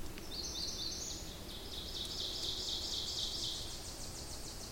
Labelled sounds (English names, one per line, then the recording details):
Ovenbird song
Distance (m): 85 m
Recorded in boreal forest in Alberta, Canada, on 26 May 2016 at 07:18
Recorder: SongMeter 3, array SBT-3-15
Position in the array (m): 35 m, 236 m
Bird 20